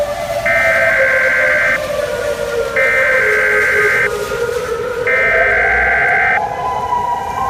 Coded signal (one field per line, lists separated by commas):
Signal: Emergency Alert System (SAME) tones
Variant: header bursts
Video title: EAS Scenario - The Saint Louis Tornado Disaster